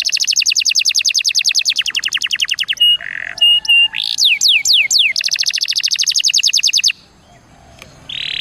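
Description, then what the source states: Atlantic canary song: long rapid rolling trills of bright high notes, broken by a few sharp chips, a set of quick descending sweeps, then another fast trill. Canary song in the ornate 'cengkok mewah' style.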